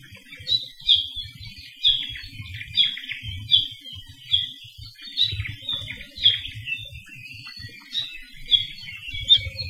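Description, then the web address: ʻApapane calls: short, high chirping notes repeated about once a second over a low, rumbling wind noise. Recorded along Saddle Road, Hawaii. "Saddle Road Birding Songfiles apapanecall"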